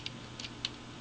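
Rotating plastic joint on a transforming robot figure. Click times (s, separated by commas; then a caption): 0.6 s. A part on a plastic transforming robot figure is rotated all the way up at a plastic joint. A few faint ticks come first, at about 0.1 s and 0.4 s. Then a sharp, louder click at 0.7 s marks the joint clicking into place.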